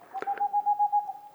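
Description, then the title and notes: Boreal owl song: a single brief run of fast, even hoots on one pitch, with two clicks near the start. Singing male near a Black Woodpecker nest hole, in the mountains near the Mediterranean, 2 April 2019, 20:15; homemade parabolic dish, two omni microphones, MixPre-3 recorder. "02 avril 2019-20h15-en montagne"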